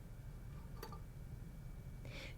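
The lever on the bobbin case of a Husqvarna Viking Platinum Q 160 stationary quilting machine is pulled to take the case out of the hook. A short, sharp click of release sounds at 0.8 s over a low steady hum. A longer, brighter sound follows at about 2.1 s.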